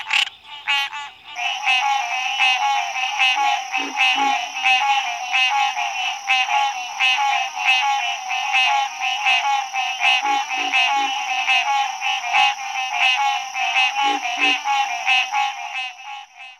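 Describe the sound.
Treefrogs in a dense chorus, overlapping harsh pulsed notes running continuously, with a steady high whine and a few lower croaks underneath.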